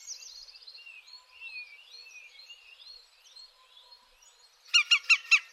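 European green woodpecker calling at the end with four harsh, rapid notes, after several seconds of another bird's continuous warbling song.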